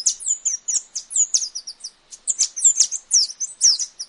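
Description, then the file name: Tanager giving rapid, high, thin chirps and slurred twitters in clusters, with a brief pause midway. "canto da saira dourada"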